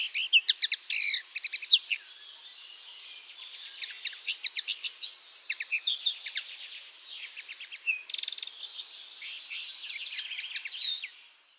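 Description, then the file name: Common linnet twittering: rapid dry chirps and nasal trills in quick bursts, with short pauses between phrases, continuing throughout with a faint background hiss. "MAKOLAGWA"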